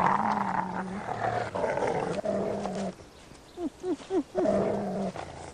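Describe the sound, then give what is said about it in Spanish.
Wolves growl and snarl in long, rumbling, harmonic bursts, broken midway by four quick rising yelps before the deep growling resumes, loud and with no talking. “La relación tensa entre Jana y Matsy es también una confirmación de que Jana es ahora el lobo más importante.”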